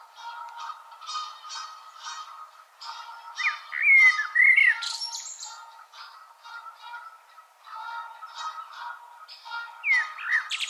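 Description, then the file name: Common blackbird giving mellow, warbled phrases around four seconds and again near ten seconds, over busy chirping of other birds. "Turdus merula"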